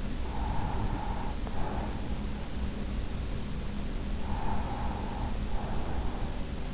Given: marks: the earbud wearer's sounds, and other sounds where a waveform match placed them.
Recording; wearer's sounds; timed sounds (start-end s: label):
sounds in sleep by an in-ear microphone; breath
0.05-2.54 s: breath
4.03-6.74 s: breath